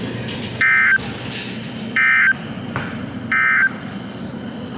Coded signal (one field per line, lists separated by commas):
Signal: Emergency Alert System (SAME) tones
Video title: TWO DAYS OF SEVERENESS (EAS 119-124)